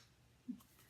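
A K-cup pod is handled at the pod holder of a Pampered Chef Deluxe Coffee Maker, with a brief low thump around 0.5 s over quiet room noise. Nothing has seated or clicked yet.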